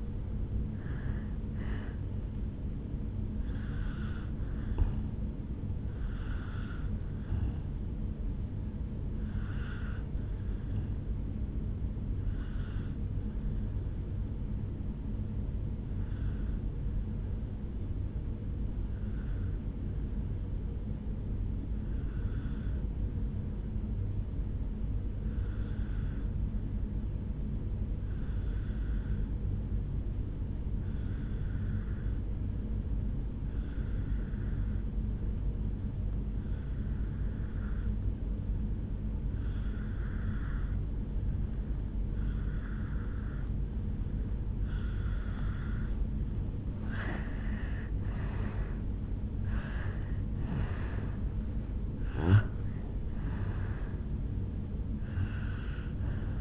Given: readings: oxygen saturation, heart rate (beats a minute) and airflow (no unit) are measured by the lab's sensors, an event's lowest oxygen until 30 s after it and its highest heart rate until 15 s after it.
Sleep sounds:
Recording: breathing in sleep by a smartphone at the bedside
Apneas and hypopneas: 1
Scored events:
13.00-45.80 s: obstructive apnea (N2, oxygen 96% highest, then 85% lowest, heart rate 56 at the start, 74 highest)
41.00-56.41 s: new sleep stage, N1 (lightest sleep)
From the record:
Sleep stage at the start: N2 (light sleep)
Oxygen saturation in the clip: 85 to 96%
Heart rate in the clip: 56 to 74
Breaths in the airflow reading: 5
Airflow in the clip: -11.3 to 8.5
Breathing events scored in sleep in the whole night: 449 in 7.0 hours asleep

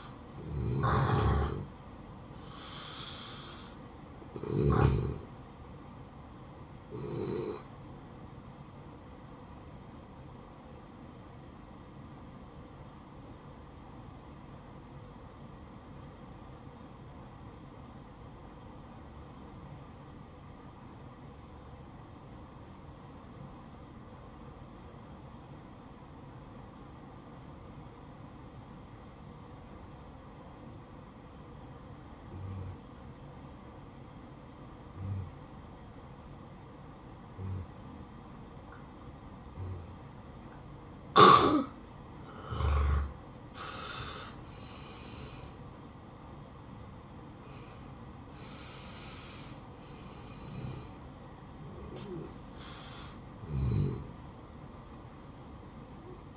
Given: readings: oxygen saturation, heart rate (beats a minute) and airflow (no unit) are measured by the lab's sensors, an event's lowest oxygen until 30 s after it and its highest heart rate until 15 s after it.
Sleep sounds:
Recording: breathing in sleep by a smartphone at the bedside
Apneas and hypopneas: 1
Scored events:
11.00-45.60 s: hypopnea (N1, oxygen 95% highest, then 84% lowest, heart rate 69 at the start, 69 highest)
24.00-54.00 s: new sleep stage, N2 (light sleep)
54.00-56.37 s: new sleep stage, N1 (lightest sleep)
From the record:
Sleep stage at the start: N1 (lightest sleep)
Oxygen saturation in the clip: 85 to 95%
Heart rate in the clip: 58 to 69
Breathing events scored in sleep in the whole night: 573 in 9.8 hours asleep

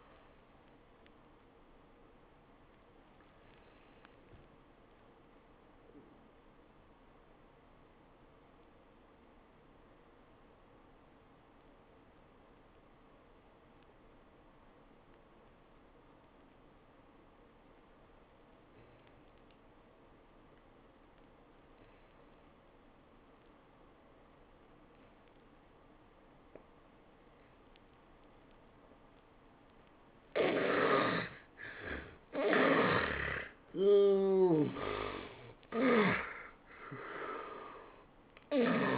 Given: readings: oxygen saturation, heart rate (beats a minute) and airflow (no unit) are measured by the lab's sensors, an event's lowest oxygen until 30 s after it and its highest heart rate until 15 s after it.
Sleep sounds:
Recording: breathing in sleep by a voice recorder at the bedside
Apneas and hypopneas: 1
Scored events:
5.00-31.00 s: obstructive apnea (N1, oxygen 97% highest, then 76% lowest, heart rate 81 at the start, 103 highest)
From the record:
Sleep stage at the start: N1 (lightest sleep)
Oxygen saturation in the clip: 76 to 97%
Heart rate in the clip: 78 to 101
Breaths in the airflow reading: 3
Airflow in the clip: -25.7 to 12.7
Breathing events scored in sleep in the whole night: 403 in 5.5 hours asleep

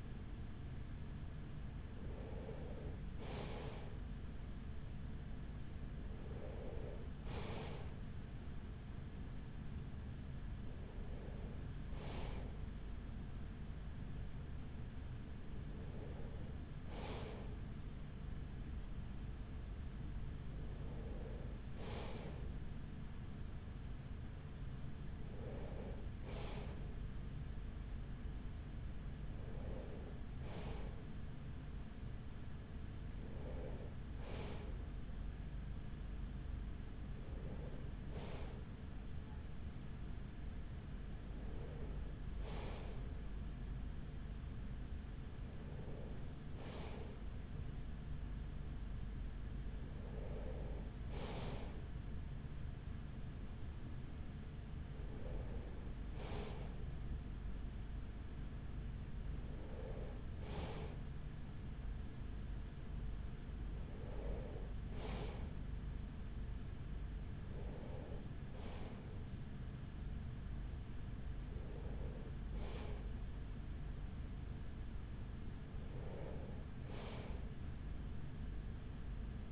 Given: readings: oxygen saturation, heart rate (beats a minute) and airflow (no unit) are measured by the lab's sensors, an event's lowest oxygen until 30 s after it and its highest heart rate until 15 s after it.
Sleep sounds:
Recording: breathing in sleep by a smartphone at the bedside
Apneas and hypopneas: none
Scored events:
10.00-79.52 s: new sleep stage, N3 (deep sleep)
From the record:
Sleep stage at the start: N2 (light sleep)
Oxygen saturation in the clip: 94 to 95%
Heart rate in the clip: 43 to 45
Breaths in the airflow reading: 18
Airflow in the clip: -6.4 to 5.5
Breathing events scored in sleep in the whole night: 207 in 7.6 hours asleep

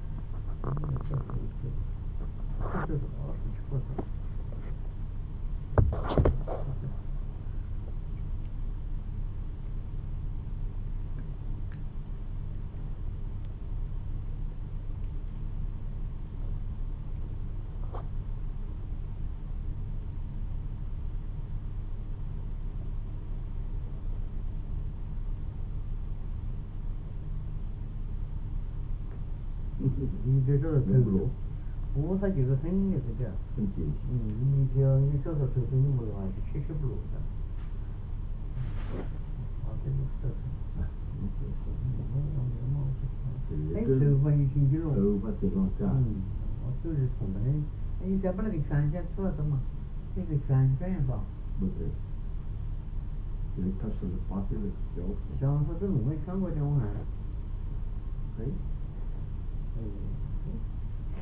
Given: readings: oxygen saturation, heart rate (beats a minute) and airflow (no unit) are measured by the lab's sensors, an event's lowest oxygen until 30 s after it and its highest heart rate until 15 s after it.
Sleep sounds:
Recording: a person awake in a sleep study, by a smartphone at the bedside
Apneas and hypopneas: none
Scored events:
0.00-61.22 s: awake
From the record:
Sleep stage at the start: awake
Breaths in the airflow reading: 18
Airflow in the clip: -3.1 to 5.4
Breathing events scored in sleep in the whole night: 388 in 6.5 hours asleep

